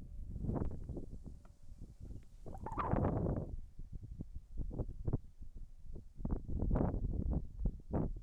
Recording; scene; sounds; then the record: everyday scene through a hearing-aid microphone; wind on the microphone; wind, whistling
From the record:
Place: in front of a rural house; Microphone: behind the ear, left, rear